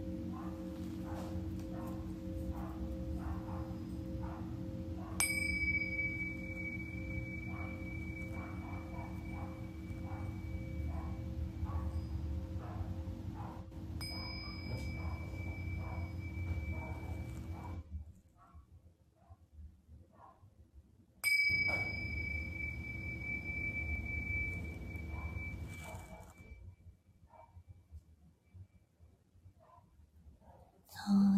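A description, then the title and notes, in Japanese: A singing bowl is struck about three times, near 5, 14 and 21 seconds, each strike leaving a bright, steady ringing tone that slowly fades. Beneath it sits a low, droning hum that drops away into near silence twice, with a sharp sound at the very end. メキシコから シンギングボウルのサウンドヒーリング。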